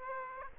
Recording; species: mosquito wingbeat signal from an infrared sensor; Aedes aegypti